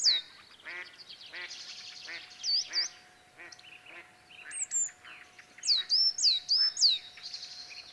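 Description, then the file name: Great tit calling with scattered harsh rasps and buzzy notes, followed by a run of loud, sharp, high downslurred notes in quick succession near the end. "Parus major"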